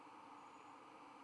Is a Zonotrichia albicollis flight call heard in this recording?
no